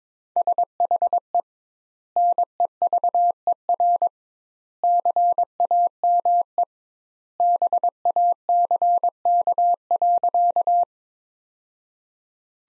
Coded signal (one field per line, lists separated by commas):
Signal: Morse code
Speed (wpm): 22 wpm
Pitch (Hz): 700 Hz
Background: none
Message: SHE NEVER CAME BACK.